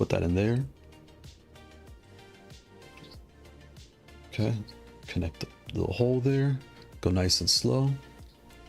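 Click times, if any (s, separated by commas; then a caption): none. Someone talks over background music while lining up the plastic top housing of a low-profile mechanical switch with the small hole and pressing it onto the switch base. Faint, quiet handling ticks sound between about 1.1 and 4.1 seconds. Nothing has seated or snapped into place yet.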